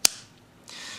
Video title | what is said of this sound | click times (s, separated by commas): Tradition and Precision: "Le Capuchadou" by Fontenille Pataud (Collection Highlight!) | now first of all the blade locks into place with authority | 0.1 s